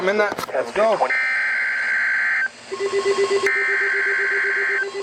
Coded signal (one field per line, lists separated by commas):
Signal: Emergency Alert System (SAME) tones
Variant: header bursts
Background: speech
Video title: July 2021 | From the archives! [EAS #778-781]